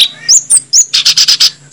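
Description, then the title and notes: Snowy-browed flycatcher giving a few thin upslurred whistles, then several quick, evenly spaced high chirps. Masteran for training cage birds; Indonesian names tledekan gunung and sikatan gunung. "Masteran Tledekan Gunung Sikatan Gunung. BURUNG TLEDEKAN"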